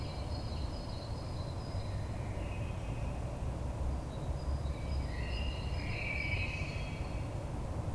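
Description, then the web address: Common blackbird singing a mellow warbled phrase near the end after a quieter one earlier, set against constant low-pitched background rumble and faint high thin notes. Recorded on 22 May 2022. "oiseaux Merle 2022 05 22"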